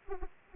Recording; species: mosquito wingbeat signal from an infrared sensor; Anopheles arabiensis